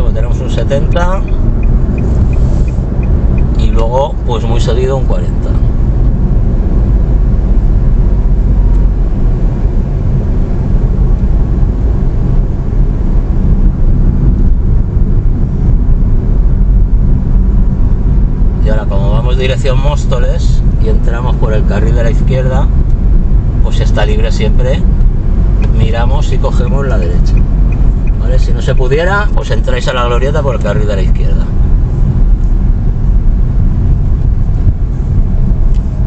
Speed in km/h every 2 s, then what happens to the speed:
64, 62, 58, 53, 46, 43, 43, 41, 40, 40, 41, 39, 37, 36, 35, 31, 24, 20.
0-10 slows to 43. 10-27 steady at about 40. 27-33 slows to 20.